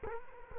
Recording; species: mosquito wingbeat signal from an infrared sensor; Culex quinquefasciatus